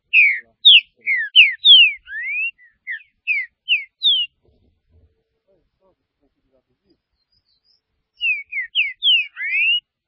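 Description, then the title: Green-winged saltator giving a long series of sharp, slurred whistled notes, some rising, then falling silent before a second brief phrase ending on an upswept whistle. "Trinca Ferro"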